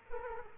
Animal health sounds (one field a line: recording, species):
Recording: mosquito wingbeat signal from an infrared sensor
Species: Culex quinquefasciatus